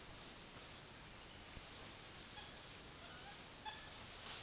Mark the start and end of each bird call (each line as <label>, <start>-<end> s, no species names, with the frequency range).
bird call (0.4-3.9 kHz), 3.64-3.84 s